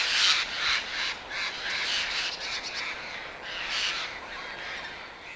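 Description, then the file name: Eurasian jay uttering rough, scratchy screeches, loudest at the start, then a series of softer rasping bursts. "Garrulus glandarius"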